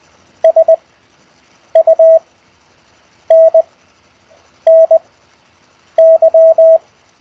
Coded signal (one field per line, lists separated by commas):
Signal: Morse code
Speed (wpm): 20 wpm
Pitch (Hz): 650 Hz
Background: none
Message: SUNNY